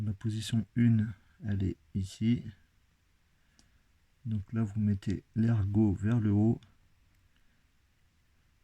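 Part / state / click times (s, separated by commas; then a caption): crimped terminal pin into connector housing / not seated / none. A crimped terminal pin for a Volkswagen 10-pin harness connector, part 000979009E, is lined up with its locking tab facing up against the plastic connector housing while someone talks. Faint small ticks of handling are heard in the pauses. Nothing has seated or clicked yet.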